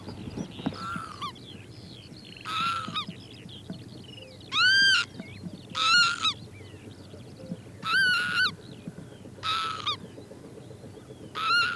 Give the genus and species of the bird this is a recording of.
Vanellus vanellus